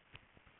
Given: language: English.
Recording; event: throat vibration sensor signal played as sound; swallow